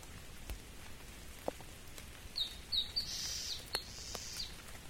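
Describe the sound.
Bird giving a quick series of high, thin chirps, some slurred together, amid scattered clicks and light background noise.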